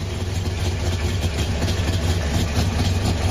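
The two-stroke engine of an old Syrena car running steadily, a dense low rumble with a rapid buzzing rasp that holds at an even, moderately loud level throughout, with no talking.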